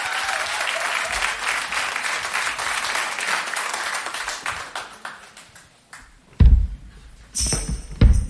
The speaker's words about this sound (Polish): Te największe brawa zostawcie właśnie dla niego i dla jego występu.